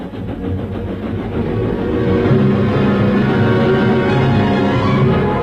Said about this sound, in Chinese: 列车风驰电掣，刘洪、小郭守在车头上严密监视敌人，彭亮驾驶机车目不转睛注视前方。